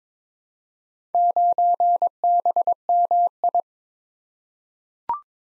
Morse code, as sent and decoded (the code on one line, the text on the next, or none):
----. -... -- ..
9BMI